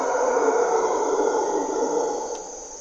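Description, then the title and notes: Mantled howler monkeys roar in a deep, continuous, rumbling chorus, with a steady high insect drone in the background. Mantled howler monkeys (Monos Congos) waking the jungle at morning twilight, Parque Nacional Corcovado, Osa Peninsula, Costa Rica; primary hardwood forest, deep river valley; grunts and calls. "Mantled Howler Monkeys in Corcovado morning twilight. Monos Congos, or Mantled Howler Monkeys, waking the jungle in Costa Rica's Parque Nacional Corcovado"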